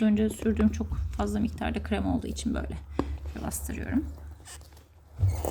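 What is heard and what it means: Someone talks while pressing a wheel into the heel socket of a wheeled sneaker, pushing hard because a lot of cream was applied beforehand, with soft handling and rubbing noises under the speech. A brief faint tap comes near 4.6 s, but the wheel has not seated or clicked into place yet.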